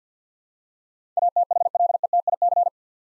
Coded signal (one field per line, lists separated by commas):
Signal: Morse code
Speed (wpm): 50 wpm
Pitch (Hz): 700 Hz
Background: none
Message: ATHLETIC